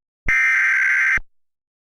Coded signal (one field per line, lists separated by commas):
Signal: Emergency Alert System (SAME) tones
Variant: header bursts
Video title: unfinished eas scenario: Artificial Terror